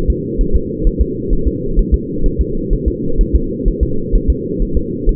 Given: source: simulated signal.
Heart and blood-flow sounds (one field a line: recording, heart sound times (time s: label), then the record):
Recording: fetal heart sounds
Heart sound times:
0.10 s: S2
0.41 s: S1
0.56 s: S2
0.87 s: S1
1.01 s: S2
1.33 s: S1
1.47 s: S2
1.79 s: S1
1.94 s: S2
2.26 s: S1
2.41 s: S2
2.73 s: S1
2.88 s: S2
3.21 s: S1
3.35 s: S2
3.68 s: S1
3.83 s: S2
4.16 s: S1
4.30 s: S2
4.62 s: S1
4.77 s: S2
5.09 s: S1
From the record:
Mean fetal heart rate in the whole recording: 130 bpm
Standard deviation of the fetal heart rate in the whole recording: 4 bpm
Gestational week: 38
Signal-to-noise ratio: -8.1 dB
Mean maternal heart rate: 72 bpm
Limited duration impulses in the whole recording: absent